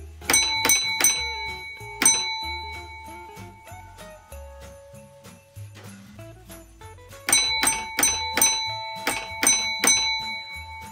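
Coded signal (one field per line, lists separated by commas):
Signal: bell signal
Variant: British railway block bell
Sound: ringing bell strikes, three then one, later four then three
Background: faint music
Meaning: Three-one offers a passenger train; four-three replies line clear to the home signal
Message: 3-1, 4-3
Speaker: he's giv me a four and a three which means lies clear up to the home signal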